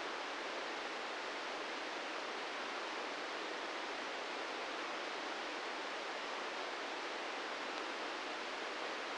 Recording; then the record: brain microelectrode recording played as sound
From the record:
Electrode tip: inside the subthalamic nucleus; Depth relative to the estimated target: -1 mm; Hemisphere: left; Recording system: NeuroSet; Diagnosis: Parkinson's disease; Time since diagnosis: 13 years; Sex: male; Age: 66 years